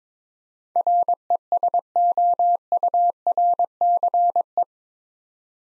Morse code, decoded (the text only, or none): RESOURCE